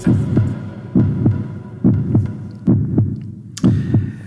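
Steady paired lub-dub heart sounds of an adult heart at about 68 beats a minute with a regular rhythm.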